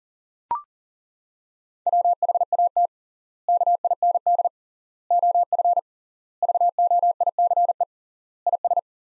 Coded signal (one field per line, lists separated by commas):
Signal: Morse code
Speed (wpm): 40 wpm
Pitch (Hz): 700 Hz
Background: none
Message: WHAT KIND OF VOICE IS